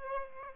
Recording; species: mosquito wingbeat signal from an infrared sensor; Aedes aegypti